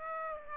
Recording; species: mosquito wingbeat signal from an infrared sensor; Aedes aegypti